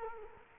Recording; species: mosquito wingbeat signal from an infrared sensor; Culex quinquefasciatus